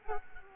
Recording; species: mosquito wingbeat signal from an infrared sensor; Culex quinquefasciatus